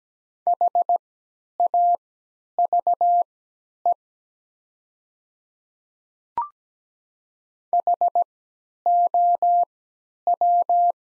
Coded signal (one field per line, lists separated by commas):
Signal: Morse code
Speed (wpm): 17 wpm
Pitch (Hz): 700 Hz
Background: none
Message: HAVE HOW